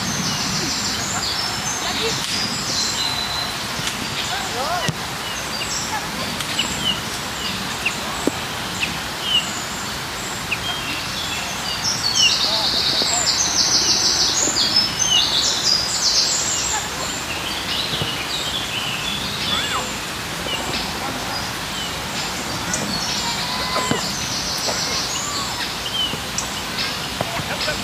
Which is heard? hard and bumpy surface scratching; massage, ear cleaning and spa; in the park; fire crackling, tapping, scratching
in the park